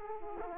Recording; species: mosquito wingbeat signal from an infrared sensor; Aedes aegypti